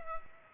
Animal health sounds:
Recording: mosquito wingbeat signal from an infrared sensor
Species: Culex pipiens

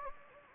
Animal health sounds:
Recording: mosquito wingbeat signal from an infrared sensor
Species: Anopheles gambiae

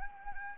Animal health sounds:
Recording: mosquito wingbeat signal from an infrared sensor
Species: Anopheles arabiensis

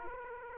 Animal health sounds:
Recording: mosquito wingbeat signal from an infrared sensor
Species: Aedes aegypti

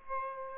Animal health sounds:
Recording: mosquito wingbeat signal from an infrared sensor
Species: Aedes aegypti

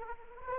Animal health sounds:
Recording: mosquito wingbeat signal from an infrared sensor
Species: Anopheles arabiensis

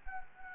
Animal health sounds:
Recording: mosquito wingbeat signal from an infrared sensor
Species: Anopheles arabiensis

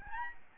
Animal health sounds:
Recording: mosquito wingbeat signal from an infrared sensor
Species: Aedes albopictus

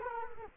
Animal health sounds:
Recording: mosquito wingbeat signal from an infrared sensor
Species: Culex quinquefasciatus

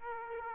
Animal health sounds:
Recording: mosquito wingbeat signal from an infrared sensor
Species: Aedes aegypti

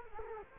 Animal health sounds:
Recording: mosquito wingbeat signal from an infrared sensor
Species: Culex quinquefasciatus

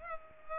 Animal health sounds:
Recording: mosquito wingbeat signal from an infrared sensor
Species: Culex pipiens

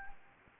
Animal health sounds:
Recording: mosquito wingbeat signal from an infrared sensor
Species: Anopheles gambiae

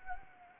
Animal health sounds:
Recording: mosquito wingbeat signal from an infrared sensor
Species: Anopheles gambiae

